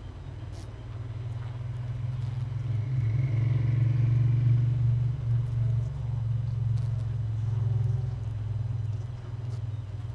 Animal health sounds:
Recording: honeybee colony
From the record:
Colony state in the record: missing queen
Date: 31 May 2018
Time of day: 5:49

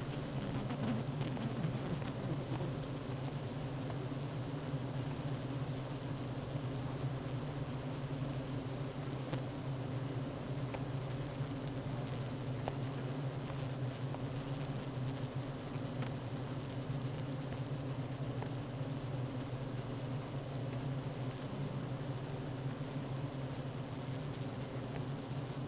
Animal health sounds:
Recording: honeybee colony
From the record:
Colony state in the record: active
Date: 12 June 2018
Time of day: 9:51

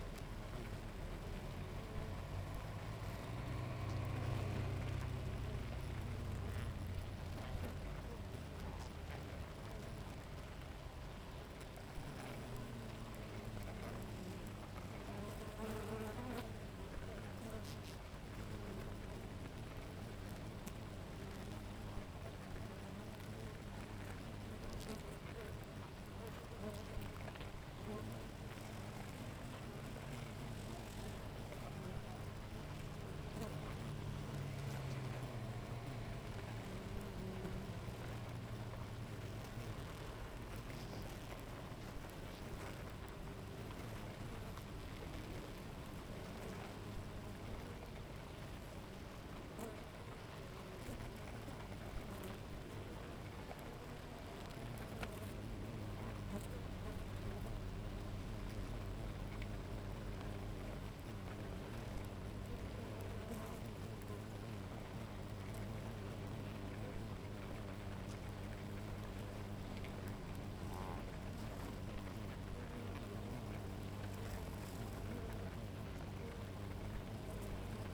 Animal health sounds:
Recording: honeybee colony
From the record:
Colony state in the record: active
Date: 28 July 2017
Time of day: 7:03

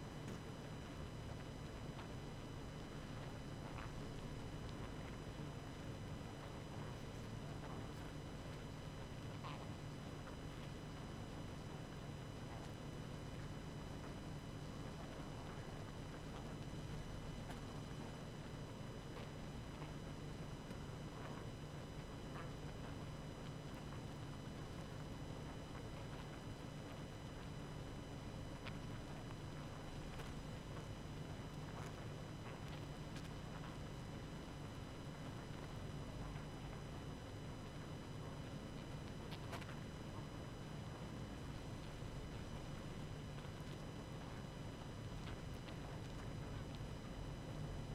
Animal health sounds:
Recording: honeybee colony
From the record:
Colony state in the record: active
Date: 12 June 2018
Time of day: 19:47

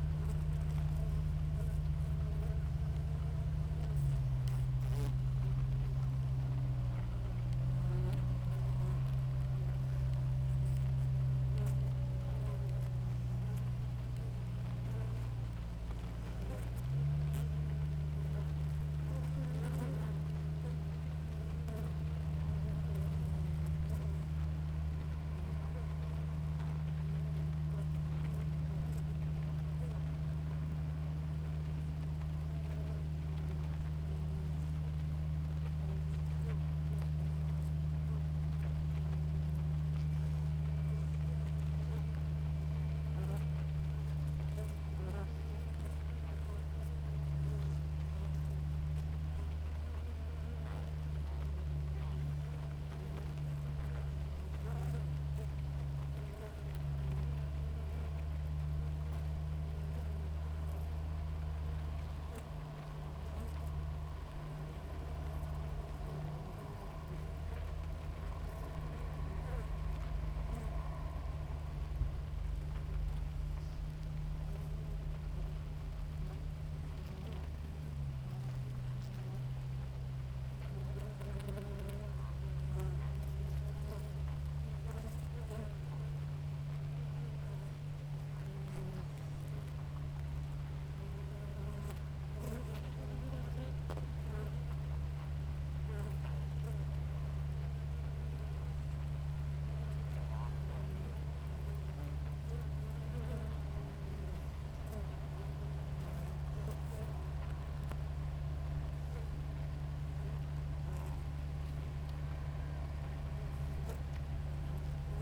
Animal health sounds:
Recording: honeybee colony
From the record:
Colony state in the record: active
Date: 28 July 2017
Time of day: 6:04

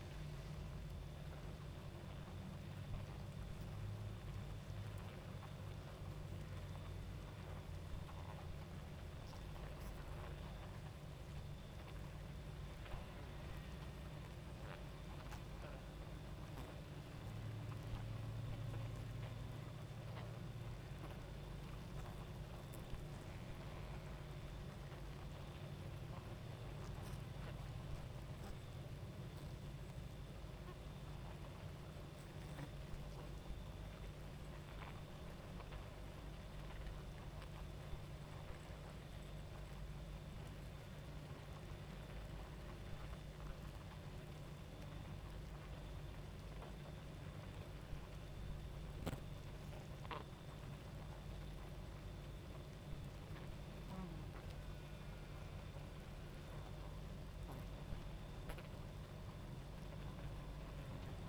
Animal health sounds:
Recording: honeybee colony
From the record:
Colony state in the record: active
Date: 28 July 2017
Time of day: 23:01

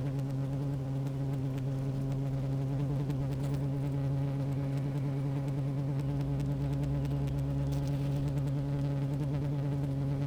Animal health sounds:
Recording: honeybee colony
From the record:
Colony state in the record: active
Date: 28 July 2017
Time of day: 15:05

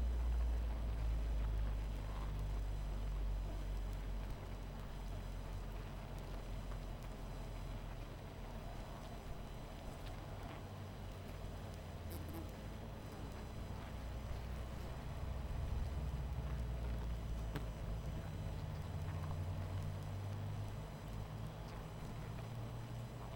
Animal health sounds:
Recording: honeybee colony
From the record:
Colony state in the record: missing queen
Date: 14 July 2017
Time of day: 20:57

